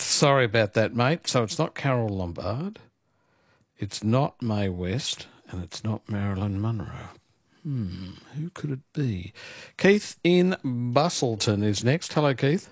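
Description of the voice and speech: Clear, fluent adult male speech at a moderate pitch, delivered in a lively talk-radio manner with natural pauses between phrases. Articulation and voice quality are ordinary, with no hoarseness, slurring or dysfluency.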